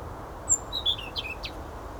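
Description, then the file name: European robin's thin, high notes: a few short, sliding whistles in quick sequence over a low background rumble. "Erithacus rubecula"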